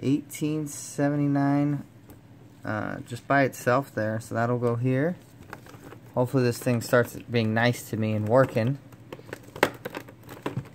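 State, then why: Seated. A plastic coin capsule holding an 1879 Morgan dollar is pressed into a slot in a capsule album while someone talks. Faint crinkling and small taps from handling the plastic are heard, and the capsule snaps into place with a sharp click at 9.6 s, seated.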